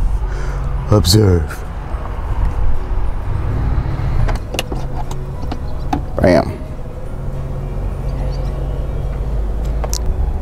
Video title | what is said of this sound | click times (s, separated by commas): How I made mini blinds for my minivan | it actually makes a satisfying click when it goes into place there it goes | 9.8 s, 9.9 s